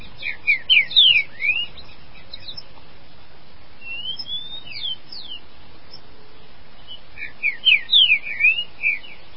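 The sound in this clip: Green-winged saltator song: quick runs of clear whistled notes, mostly falling slurs, a pause with a few softer notes, then another fast burst of whistles.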